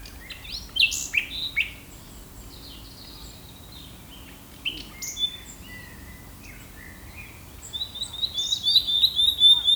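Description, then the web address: Common nightingale song with loud chirps and whistles early, a pause with soft notes, then a rapid series of repeated sharp notes toward the end. "birdsongs nightingale song 1"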